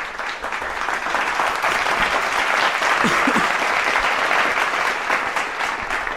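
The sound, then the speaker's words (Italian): A crowd applauds steadily for about six seconds, a dense wash of clapping that swells quickly and stays loud and even before easing slightly at the end. “Un applauso, ragazzi. Un applauso.”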